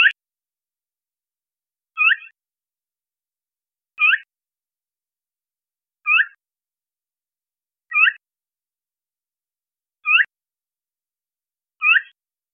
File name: Phainopepla-ASU-Ask ABiologist